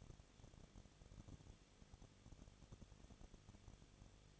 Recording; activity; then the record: daily activity, microphone in the room; no activity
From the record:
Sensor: 4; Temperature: 23.1 degrees Celsius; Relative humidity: 34.0%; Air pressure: 1007.1 hPa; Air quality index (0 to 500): 216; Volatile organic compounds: 15 ppm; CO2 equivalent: 2501 ppm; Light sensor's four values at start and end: 2/3/1/1 and 2/3/1/1